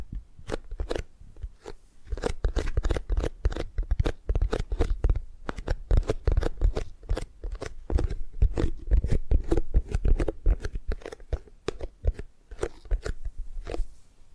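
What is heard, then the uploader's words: Tapping and gripping sounds come as a fast, uneven run of sharp clicks and taps, several per second, packed densely from start to finish. Each tap is crisp and bright with a soft low thump beneath, with a brief quieter gap near the second mark. ASMR Tapping and Gripping Sounds for Sleep No Talking.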